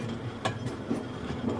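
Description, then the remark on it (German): A train bound for Berlin rolls along the rails with a steady low rumble, punctuated by a few sharp metallic clacks from the wheels passing over track joints. “Vielleicht bringen sie die auch hier im Zug nach Berlin zum Verhör.”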